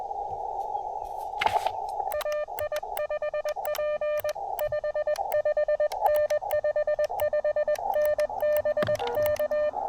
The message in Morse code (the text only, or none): AI5P 55N 55N BK